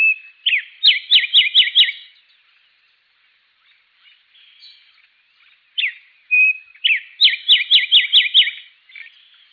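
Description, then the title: Songbird singing high whistled phrases: a short steady note, then a rapid series of five or six descending slurred notes; the phrase is given twice with a pause between. "LuckyPassaro Completos2Sama"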